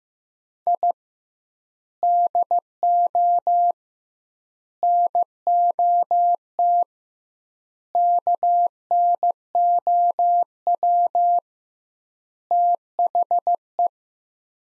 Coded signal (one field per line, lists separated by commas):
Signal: Morse code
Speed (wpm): 16 wpm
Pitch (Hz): 700 Hz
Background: none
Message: I DO NOT KNOW THE